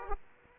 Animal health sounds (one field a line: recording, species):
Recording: mosquito wingbeat signal from an infrared sensor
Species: Aedes aegypti